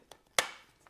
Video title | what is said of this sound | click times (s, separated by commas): This Genius ZipWall System is the Most Underrated Shop HACK Ever | clicks right in. Okay. | 0.4 s